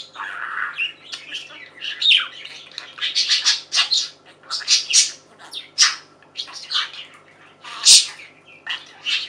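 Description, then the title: Budgerigar chattering in a dense, rapid stream of scratchy warbles and clicks, with one piercing chirp near the end. "Budgie Sounds"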